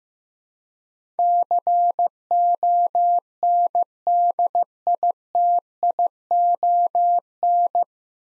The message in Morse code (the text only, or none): CONDITION